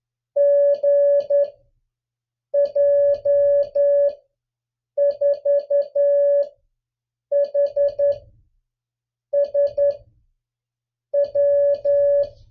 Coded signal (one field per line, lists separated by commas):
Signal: Morse code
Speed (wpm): 11 wpm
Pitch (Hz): 560 Hz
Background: music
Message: GJ4HSW